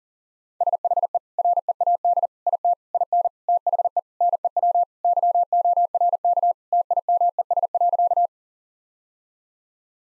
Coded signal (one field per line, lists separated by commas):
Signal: Morse code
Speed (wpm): 40 wpm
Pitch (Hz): 700 Hz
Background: none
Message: SHE READ IT IN THE NEW YORK TIMES.